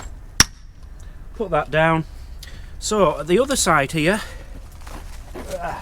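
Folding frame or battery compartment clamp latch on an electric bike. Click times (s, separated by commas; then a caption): 0.4 s. The folding frame or battery compartment clamp latch on a PVY Z20 Pro foldable electric bike is closed back up after the battery has been put back in and locked. A single sharp, loud snap at 0.4 s shows the latch clicking shut and seating, and then someone talks.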